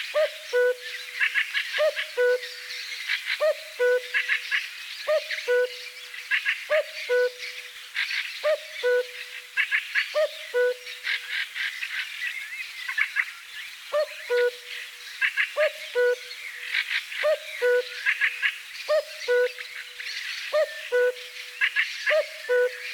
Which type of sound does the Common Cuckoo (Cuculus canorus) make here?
song